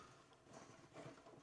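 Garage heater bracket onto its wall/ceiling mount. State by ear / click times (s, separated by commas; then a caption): not seated / none. A Shinic 1500W/750W electric garage heater is being placed back onto its wall or ceiling mount by its metal spring-loaded bracket, with soft handling knocks and rubbing throughout the short clip. Nothing has seated or clicked yet; the bracket has not snapped into place.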